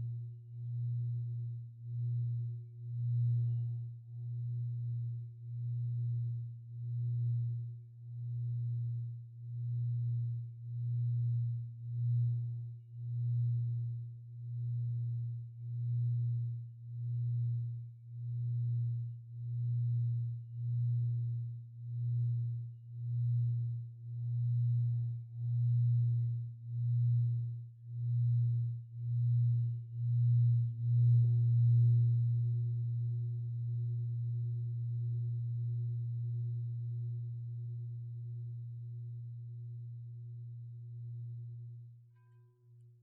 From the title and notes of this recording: 7 Chakra Continuous Meditation with 21 Antique Tibetan Singing Bowls.